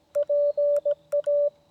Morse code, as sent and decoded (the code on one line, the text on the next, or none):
.--. .-
PA